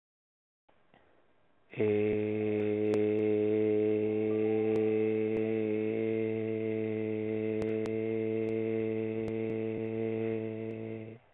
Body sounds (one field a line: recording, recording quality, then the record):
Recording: sustained vowel as in made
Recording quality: excellent, no background noise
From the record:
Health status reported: healthy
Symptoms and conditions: none ticked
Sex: male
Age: 32 years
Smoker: not ticked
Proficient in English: yes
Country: India